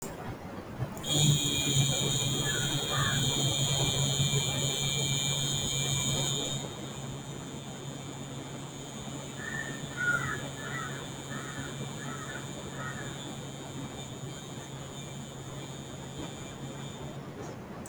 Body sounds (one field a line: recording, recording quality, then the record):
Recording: sustained vowel as in beet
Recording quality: excellent, no background noise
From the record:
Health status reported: healthy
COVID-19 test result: negative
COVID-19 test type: RT-PCR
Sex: male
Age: 23 years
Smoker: no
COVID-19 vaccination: one dose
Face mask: not worn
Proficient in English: yes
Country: India